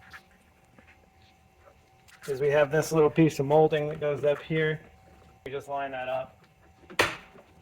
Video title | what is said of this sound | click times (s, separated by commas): 2008-2020 Dodge Grand Caravan - Inner Door Panel Replacement | And lock that piece into place. | 7.0 s